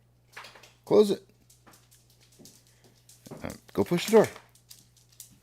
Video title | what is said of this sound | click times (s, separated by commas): AMC 3/18/24 (Did You Hear About Melvin Capital?) | he pushed it like most of the way I didn't hear it click though | none